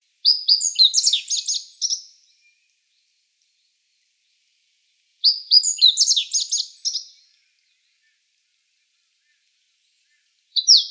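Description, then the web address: Meadow bunting song: rapid high twittering phrases of about two seconds, repeated roughly every five seconds, with a third phrase starting at the end; otherwise silent. Recorded 9 May 2013. "birdenaga hojiro S 130509"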